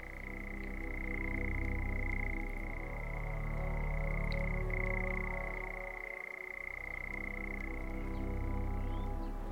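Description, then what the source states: European nightjar churring: a long, unbroken rapid mechanical trill on a steady pitch, gently rising and falling in loudness. Male churring at 28 to 42 notes per second, modulating as he turns his head and breathes; sounds tropical, like a marsh frog; recorded in spring, summer or autumn 2020.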